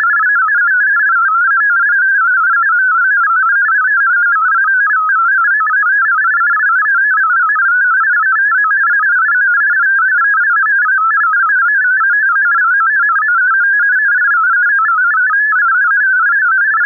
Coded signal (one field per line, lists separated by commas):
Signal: multi-tone FSK (Olivia or MFSK type)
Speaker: data today is FL DG auto-switching the data for now is in FLD